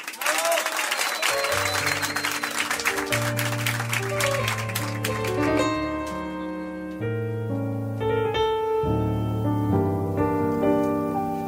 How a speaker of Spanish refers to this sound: ¡Fuerte el aplauso para la Nobel! ¡Maggie Cullen!